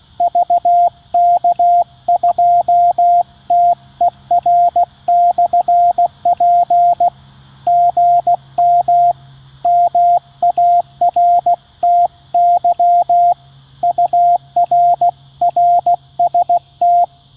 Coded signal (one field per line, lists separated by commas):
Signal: Morse code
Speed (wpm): 16 wpm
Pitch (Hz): 700 Hz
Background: radio noise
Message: VK2TER/P GM MARTY UR RST